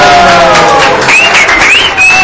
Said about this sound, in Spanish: ¡Un aplauso